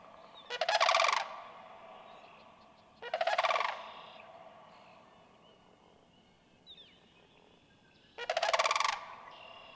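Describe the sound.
Sandhill crane uttering three resonant, purring trumpet calls separated by long pauses.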